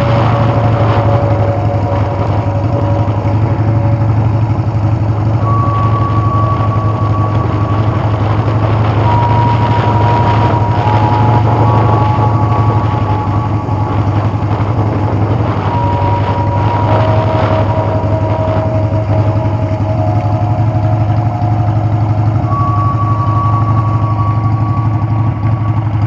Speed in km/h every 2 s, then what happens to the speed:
29, 29, 29, 32, 34, 31, 27, 29, 27, 18, 3, 3, 2.
0-9 steady at about 29. 9-11 brakes to 27. 14-23 slows to 2. 23-26 standing.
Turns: none.